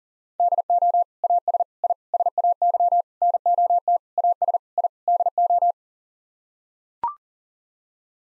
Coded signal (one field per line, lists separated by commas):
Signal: Morse code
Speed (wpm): 40 wpm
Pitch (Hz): 700 Hz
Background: none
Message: DO AS I SAY NOT AS I DO